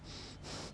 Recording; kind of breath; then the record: one breath in and out by a microphone near the nose and mouth; strong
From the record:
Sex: male